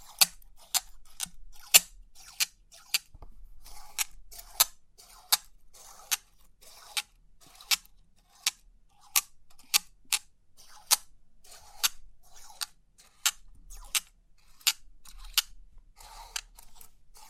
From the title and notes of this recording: Crisp 3D Pin Art Tingles(No Talking).